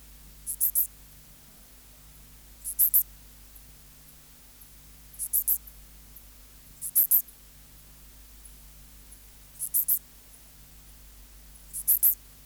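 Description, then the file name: Pholidoptera fallax song: short groups of three or four high, dry chirps, repeated every two to three seconds over a faint steady low hum. "Pholiodoptera fallax"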